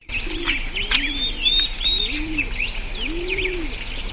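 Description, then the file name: Birds singing: soft low arched coos repeated beneath high whistled chirps and quick sliding notes. "Cute Flying Birds"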